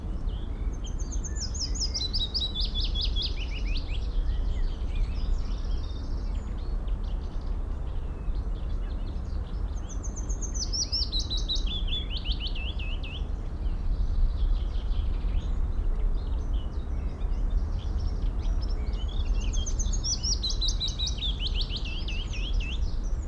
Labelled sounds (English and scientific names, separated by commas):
Willow Warbler (Phylloscopus trochilus)